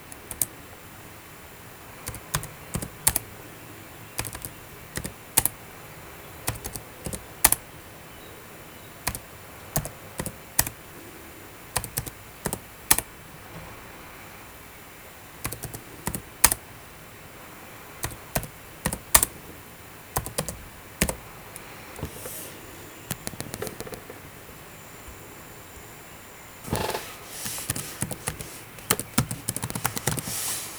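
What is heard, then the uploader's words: Keyboard keys click in irregular bursts, sometimes single taps and sometimes quick runs, with short pauses between. The clicks are sharp, and near the end a denser, faster stretch of typing begins. Keyboard clicking ASMR.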